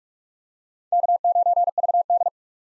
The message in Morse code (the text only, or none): K9VD